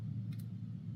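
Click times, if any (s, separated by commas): 0.3 s, 0.4 s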